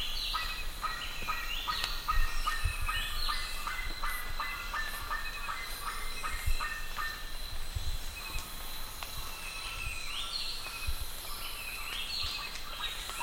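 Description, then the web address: Bird calling with many repeated short, stacked notes and occasional upward-sweeping whistles, over low background noise. "BIRD 2015 SABIOD 50 bird 2015"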